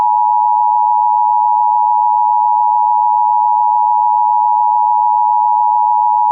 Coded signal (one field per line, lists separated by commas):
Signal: Emergency Alert System (SAME) tones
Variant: 853 and 960 Hz attention tone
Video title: EAS: CHILD ABDUCTION EMERGENCY: for the state of Texas